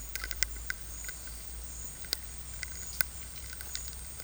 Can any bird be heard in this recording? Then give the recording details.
no. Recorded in dense forest near Puerto Asís, Putumayo, Colombia, on 19 March 2025 at 12:30. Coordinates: 0.484, -76.317. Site G064